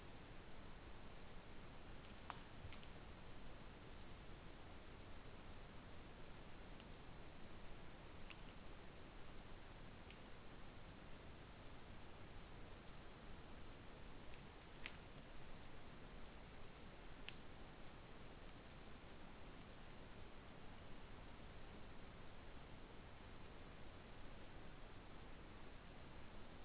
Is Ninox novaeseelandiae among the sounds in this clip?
no